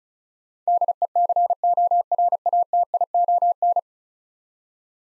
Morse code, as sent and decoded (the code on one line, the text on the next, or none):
-.. . -.-. --- .-. .- - .. --- -.
DECORATION